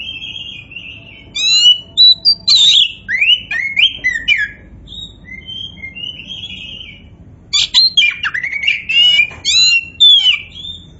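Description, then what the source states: Oriental magpie-robin in full loud song: buzzy warbles, slurred whistles and rapid clicking notes in dense bursts with a short lull between. Oriental magpie-robin (kacer), poci form, singing vigorously (gacor).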